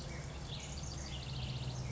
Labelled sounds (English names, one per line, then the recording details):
House Wren
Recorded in Sonoma County, California